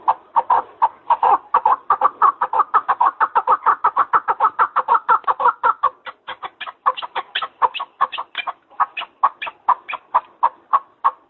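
Partridge chuckling: a dense, very fast rattle of clucking notes for six seconds, then slower, more spaced chucks continuing to the end.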